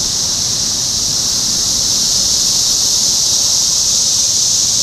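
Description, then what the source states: Cicada chorus: a continuous shrill, hissing drone that never pauses across the short stretch. Topeka, Kansas, 14 June 2015.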